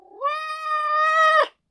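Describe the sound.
Cat giving one long, drawn-out meow that rises slightly and holds steady, then breaks off sharply at the end.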